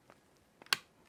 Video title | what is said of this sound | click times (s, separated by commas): BEST 4K Video Editing PC Build on a $2500 Budget - Ryzen 3900X - NVIDA GeForce RTX 2070 Super | So now it clicked in just like that. | 0.7 s